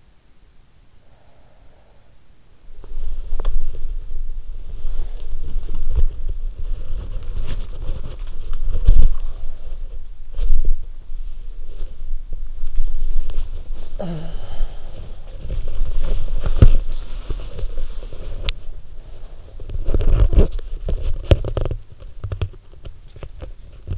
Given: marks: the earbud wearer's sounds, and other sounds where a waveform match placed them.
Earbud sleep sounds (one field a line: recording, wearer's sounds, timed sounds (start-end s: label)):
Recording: sounds in sleep by an in-ear microphone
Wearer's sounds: breath, body movement, talking in sleep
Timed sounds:
0.67-3.28 s: breath
3.05-23.97 s: body movement
13.90-15.53 s: talking in sleep
20.15-20.67 s: sound from someone else or the room